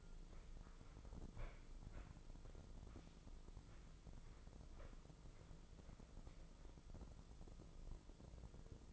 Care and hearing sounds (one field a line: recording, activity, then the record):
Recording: daily activity, microphone in the room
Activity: walk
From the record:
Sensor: 5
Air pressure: 996.0 hPa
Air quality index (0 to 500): 249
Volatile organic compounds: 539 ppm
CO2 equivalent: 4869 ppm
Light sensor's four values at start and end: 206/494/210/231 and 206/493/209/231